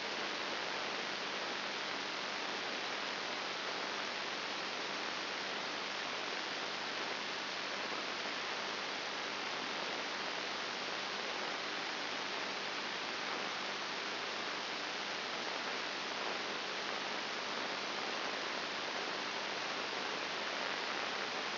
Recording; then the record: brain microelectrode recording played as sound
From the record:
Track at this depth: inside the subthalamic nucleus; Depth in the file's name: 5.3 mm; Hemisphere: right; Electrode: 3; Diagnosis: Parkinson's disease